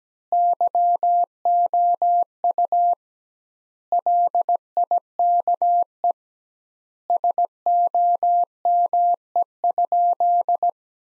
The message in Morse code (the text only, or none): YOU LIKE SOME?